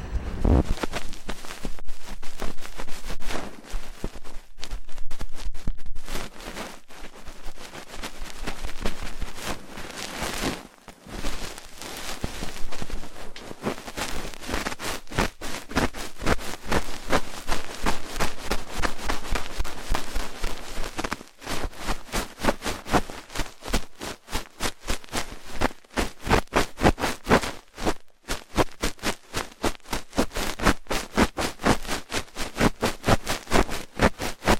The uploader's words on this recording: ASMR Rough Ear Cleaning (No Talking).